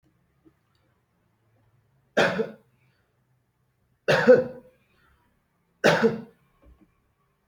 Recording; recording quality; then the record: heavy voluntary cough; excellent, no background noise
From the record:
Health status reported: healthy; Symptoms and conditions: none ticked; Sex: male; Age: 20 years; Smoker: not ticked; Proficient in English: yes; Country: India